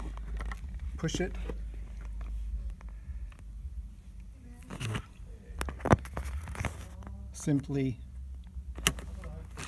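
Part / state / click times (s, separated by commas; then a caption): chair component into chair frame / seated / 8.9 s. While assembling a chair, a chair component is pushed into its fitting on the chair frame as someone talks, with scraping and handling noises throughout. A sharp, loud click is heard at 8.9 s as the part seats into place.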